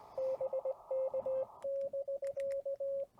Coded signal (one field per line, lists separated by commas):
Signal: Morse code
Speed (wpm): 17 wpm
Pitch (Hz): 560 Hz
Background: radio noise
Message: BK <BK>